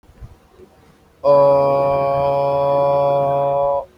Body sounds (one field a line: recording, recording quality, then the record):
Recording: sustained vowel as in boot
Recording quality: moderate, slight background noise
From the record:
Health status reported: healthy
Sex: male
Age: 26 years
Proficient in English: yes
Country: India